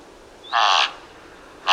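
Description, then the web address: Thick-billed raven giving a harsh, hoarse call lasting about a third of a second, preceded by a thin rising whistle, with a second harsh call starting at the end. "Thick billed raven. دانلود-صدای-پرنده-غراب-نوک-کلفت"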